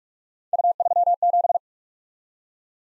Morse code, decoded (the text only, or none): U37